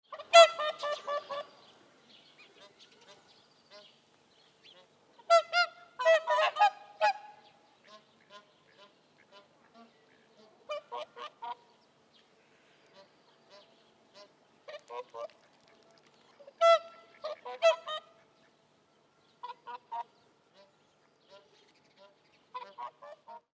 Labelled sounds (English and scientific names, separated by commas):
Whooper Swan (Cygnus cygnus)